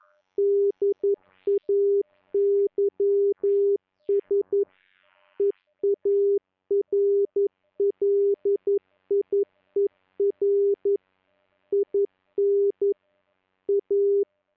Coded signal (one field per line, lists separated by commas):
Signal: Morse code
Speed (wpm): 11 wpm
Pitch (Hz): 400 Hz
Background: none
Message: DAYS EARLIER IN A